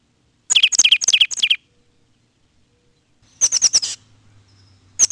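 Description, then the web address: Plain titmouse song: a phrase of several repeated paired notes, then a burst of thin, high rapid notes, with a faint low hum in the background. "Peterson North American Birds. plti"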